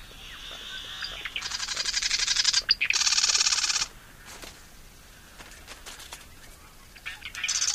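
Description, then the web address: Marsh Wren delivering rapid buzzy rattles that rise in loudness, two dense bursts back to back, then softer scattered chips before a final loud burst at the end. "Songs of Birds of North America Know Your Bird Sounds. Marsh Wren"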